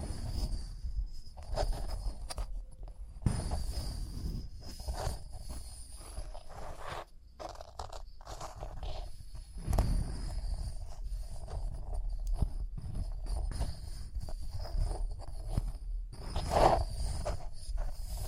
Rhinestone Tapping, Scratching, Brushing